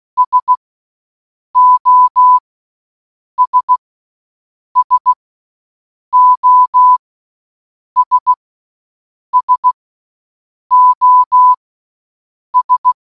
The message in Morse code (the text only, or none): SOS SOS SOS